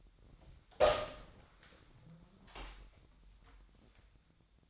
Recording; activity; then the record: daily activity, microphone in the room; open door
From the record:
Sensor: 3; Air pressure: 1009.2 hPa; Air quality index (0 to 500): 199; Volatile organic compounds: 4 ppm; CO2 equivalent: 1602 ppm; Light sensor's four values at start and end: 43/114/49/49 and 43/113/49/49